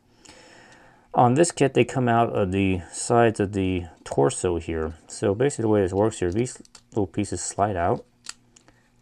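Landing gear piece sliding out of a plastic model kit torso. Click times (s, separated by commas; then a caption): 8.3 s. Someone talks while small plastic landing-gear pieces are slid out of the sides of a plastic model kit's torso. A sharp click at 8.3 s, followed by two fainter ticks, is heard as a piece clicks into its extended position and stops.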